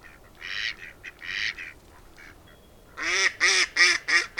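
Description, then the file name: Mallard quacks: a few softer, scattered calls at first, then several loud, harsh quacks in quick succession near the end. "tokesrece"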